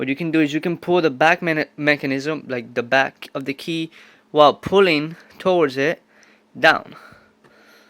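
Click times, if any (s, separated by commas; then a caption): none. Someone talks while handling a plastic piano key on a Casio CDP 130 digital piano, pulling the back of the key down while pushing it toward the keybed mount. Nothing has seated or clicked yet; the key has not snapped into place.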